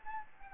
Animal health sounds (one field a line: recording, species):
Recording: mosquito wingbeat signal from an infrared sensor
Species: Anopheles gambiae